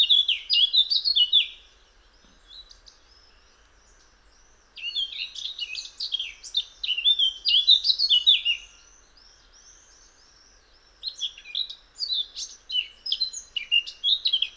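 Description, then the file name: Eurasian blackcap singing three bursts of rapid, jumbled warbling with pauses of a few seconds between them, the notes sweet, quick and varied. "Sylvia atricapilla"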